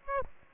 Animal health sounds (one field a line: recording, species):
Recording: mosquito wingbeat signal from an infrared sensor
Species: Aedes aegypti